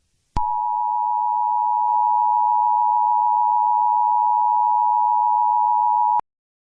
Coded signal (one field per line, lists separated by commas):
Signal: Emergency Alert System (SAME) tones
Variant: 853 and 960 Hz attention tone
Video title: EAS Scenario 3 | Garten of BanBan Chapter 2: The surface of the Abyss